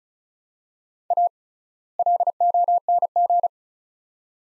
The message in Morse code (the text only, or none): A LONG